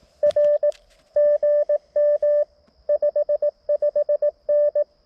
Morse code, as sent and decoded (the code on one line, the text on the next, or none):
.-. / --. -- / ..... ..... -.
R GM 55N